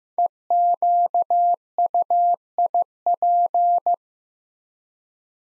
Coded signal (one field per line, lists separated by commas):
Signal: Morse code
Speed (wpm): 15 wpm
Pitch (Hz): 700 Hz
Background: none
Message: EQUIP